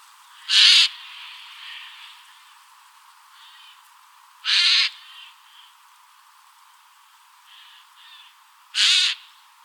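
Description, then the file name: Eurasian jay screeching three times, harsh and rasping, about every four seconds, with softer hoarse notes between them. "Garrulus glandarius"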